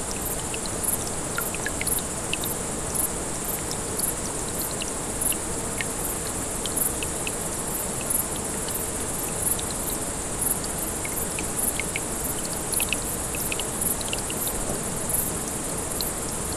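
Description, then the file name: Grasshoppers buzzing in high, hissy pulses repeated throughout, above a constant trickling stream with occasional plinking drops. Several grasshoppers beside a brook, 6 August 2014, recorded on an MZ-N 710. "Ruisselet et sauterelles 6 08 14"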